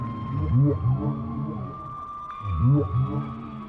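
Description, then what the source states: Whale moans, two upswept groaning calls repeated about two seconds apart over a steady high humming tone. Chorus of whales.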